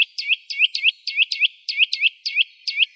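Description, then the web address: Eurasian nuthatch calls: a rapid run of many loud, clear piping notes, several per second, against a quiet background. "Sitta europaea"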